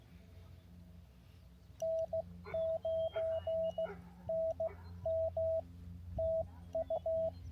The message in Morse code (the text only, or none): N9NM TU